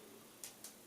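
The extended eyepiece of the pop-up electronic viewfinder on a Sony Cyber-shot DSC-RX100M3 compact camera is pushed back into its housing. Two small, sharp clicks are heard at 0.4 s and 0.6 s as it goes in, and the eyepiece is seated.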